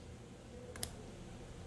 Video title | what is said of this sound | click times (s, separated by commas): MOST jewelry stores and boutique first hand manufacturers when BUYING A CUBAN LINK.#cuban #gold | That's the way it should click. | 0.8 s